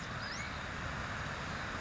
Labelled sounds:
Western Flycatcher (Empidonax difficilis)
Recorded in Sonoma County, California

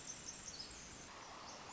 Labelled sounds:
Pacific Wren (Troglodytes pacificus)
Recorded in Sonoma County, California

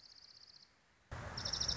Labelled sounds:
Dark-eyed Junco (Junco hyemalis)
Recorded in Sonoma County, California

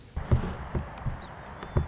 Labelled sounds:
Song Sparrow (Melospiza melodia)
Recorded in Sonoma County, California

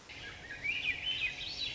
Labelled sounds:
Swainson's Thrush (Catharus ustulatus)
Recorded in Sonoma County, California

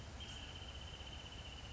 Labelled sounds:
Wrentit (Chamaea fasciata)
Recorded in Sonoma County, California

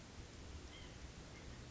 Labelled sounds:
White-breasted Nuthatch (Sitta carolinensis)
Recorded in Sonoma County, California

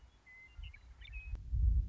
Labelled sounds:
Western Meadowlark (Sturnella neglecta)
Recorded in Sonoma County, California

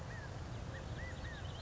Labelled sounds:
California Quail (Callipepla californica)
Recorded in Sonoma County, California

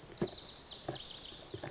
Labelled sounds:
Lazuli Bunting (Passerina amoena)
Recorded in Sonoma County, California

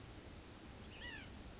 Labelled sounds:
White-breasted Nuthatch (Sitta carolinensis)
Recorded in Sonoma County, California

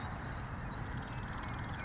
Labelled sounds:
Savannah Sparrow (Passerculus sandwichensis)
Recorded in Sonoma County, California

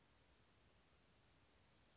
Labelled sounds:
Western Flycatcher (Empidonax difficilis)
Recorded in Sonoma County, California

